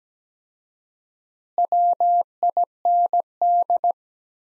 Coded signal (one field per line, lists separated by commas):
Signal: Morse code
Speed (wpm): 17 wpm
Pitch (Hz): 700 Hz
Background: none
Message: WIND